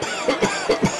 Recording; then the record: coughing mixed with background sound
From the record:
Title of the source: Dry Afternoon Cough